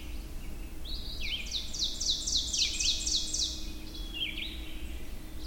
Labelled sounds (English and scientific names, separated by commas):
Ovenbird (Seiurus aurocapilla) song